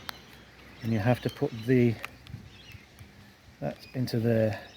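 Someone talks while handling a line head component being fitted into the trimmer head of a Honda straight-shaft string trimmer during line replacement, with a few faint handling taps between the words. The clip ends before the part goes home, so nothing has seated or clicked yet.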